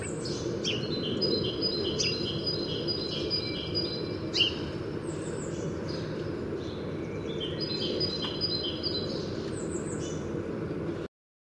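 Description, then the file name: Great tit giving quick runs of ringing two-note phrases, one burst early and another later, with some thin high notes and a soft background hiss. "Parus major"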